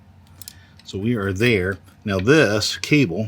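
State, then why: Not seated. While restringing a Scorpyd Deathstalker 420 crossbow, a cable is handled as it is let back toward its cam or pulley track, with a few faint, sharp ticks near the start before someone talks. Nothing has seated or clicked into place yet.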